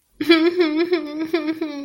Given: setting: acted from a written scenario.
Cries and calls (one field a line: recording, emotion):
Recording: vocal sound without words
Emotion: sadness